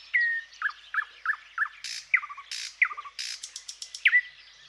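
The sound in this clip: Thrush nightingale song: loud whistled and rich notes repeated in short series, broken by dry rattling bursts and a final clear whistle.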